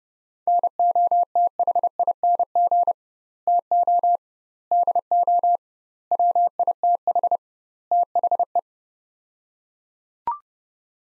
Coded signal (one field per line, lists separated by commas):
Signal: Morse code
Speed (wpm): 30 wpm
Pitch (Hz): 700 Hz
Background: none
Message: NOTHING TO DO WITH THE